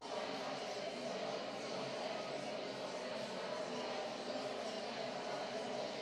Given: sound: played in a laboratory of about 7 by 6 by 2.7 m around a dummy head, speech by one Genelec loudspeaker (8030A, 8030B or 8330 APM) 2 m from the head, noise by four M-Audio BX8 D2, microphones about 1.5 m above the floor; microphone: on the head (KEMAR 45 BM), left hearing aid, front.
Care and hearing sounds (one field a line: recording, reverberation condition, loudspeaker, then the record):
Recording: babble noise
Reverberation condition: high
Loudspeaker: four, about 170 cm from the corners of the room and facing them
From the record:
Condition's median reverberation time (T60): about 1300 ms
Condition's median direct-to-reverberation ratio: about -4.0 dB